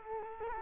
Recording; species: mosquito wingbeat signal from an infrared sensor; Culex quinquefasciatus